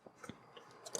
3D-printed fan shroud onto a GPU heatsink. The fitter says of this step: and you just push it on until you hear it kind of snap and it grabs it and it comes with this fan it's pretty loud